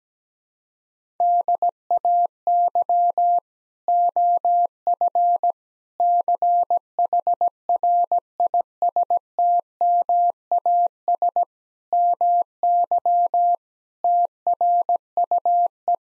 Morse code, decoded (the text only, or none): DAY OF CHRISTMAS MY TRUE